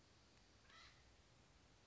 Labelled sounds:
Acorn Woodpecker

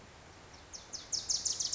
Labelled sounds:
Wilson's Warbler

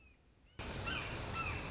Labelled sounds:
Red-shouldered Hawk

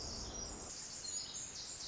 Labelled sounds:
Pacific Wren

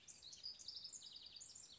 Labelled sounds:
House Wren

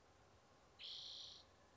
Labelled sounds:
Spotted Towhee

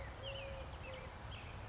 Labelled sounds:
Eurasian Collared Dove

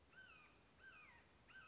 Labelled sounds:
Red-shouldered Hawk

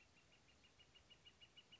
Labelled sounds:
Northern Flicker

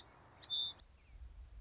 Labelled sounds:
Song Sparrow

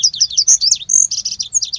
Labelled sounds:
Pacific Wren

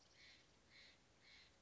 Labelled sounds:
Steller's Jay

